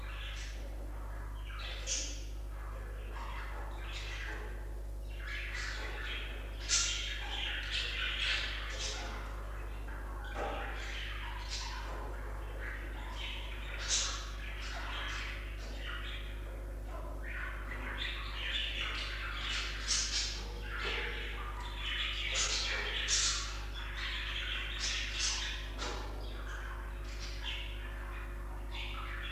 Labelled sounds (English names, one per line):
Budgerigar call